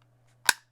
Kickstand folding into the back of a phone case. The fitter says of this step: and then it kind of folds back into place with a little click